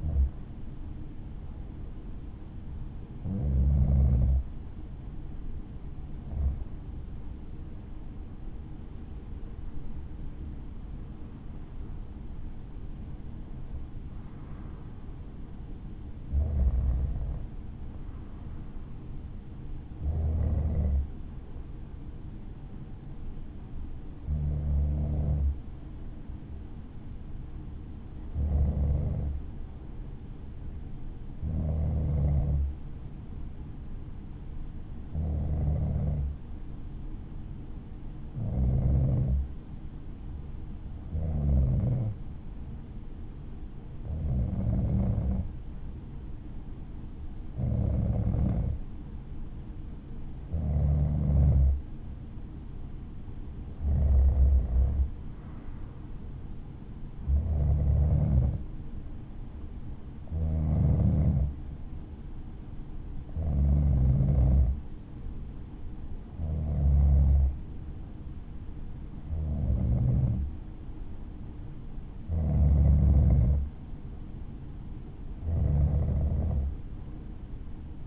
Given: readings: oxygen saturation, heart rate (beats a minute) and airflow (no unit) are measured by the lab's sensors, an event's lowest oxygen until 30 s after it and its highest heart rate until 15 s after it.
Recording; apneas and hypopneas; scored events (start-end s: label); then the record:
breathing in sleep by a smartphone at the bedside; 1
32.00-51.20 s: hypopnea (N1, oxygen 96% highest, then 92% lowest, heart rate 58 at the start, 61 highest)
39.00-78.07 s: new sleep stage, N2 (light sleep)
From the record:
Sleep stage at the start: N1 (lightest sleep); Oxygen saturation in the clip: 91 to 96%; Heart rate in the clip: 54 to 66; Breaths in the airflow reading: 23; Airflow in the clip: -5.0 to 5.3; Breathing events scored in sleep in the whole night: 216 in 7.0 hours asleep